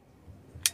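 A plastic medication cup is pushed into a portable nebulizer and seats with a single sharp click at 0.6 s. Faint low thumps of handling come before the click, and it rings briefly as it fades.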